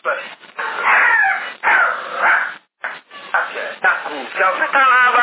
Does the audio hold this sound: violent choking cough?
no